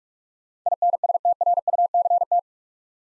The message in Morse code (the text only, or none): INSTRUCT